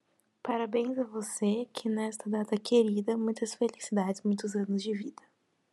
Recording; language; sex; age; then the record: short text; Brazilian Portuguese; female; 18 to 19 years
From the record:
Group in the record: control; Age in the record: 18 years